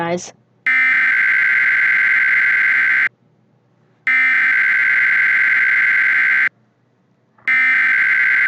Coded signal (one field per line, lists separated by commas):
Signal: Emergency Alert System (SAME) tones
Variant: header bursts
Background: speech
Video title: EAS alerts for your radio [SEASON 1 EPISOIDE 1 PREMIERE!!]